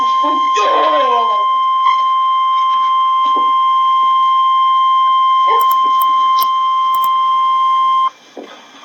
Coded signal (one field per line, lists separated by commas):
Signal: Emergency Alert System (SAME) tones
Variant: 1050 Hz attention tone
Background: speech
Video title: REAL EAS 625-Severe weather statement